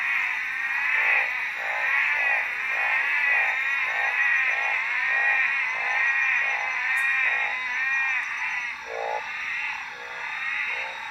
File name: 13 nov 2013 Black Mountain Night -OT-Treefrog